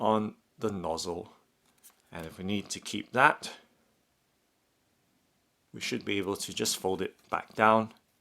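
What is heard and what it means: Someone talks while handling the spring-loaded plastic fold-out brush on the nozzle of a Black + Decker Dustbuster Pivot hand vacuum, getting ready to fold it back down. The brush has not snapped into place yet, and nothing has seated or clicked.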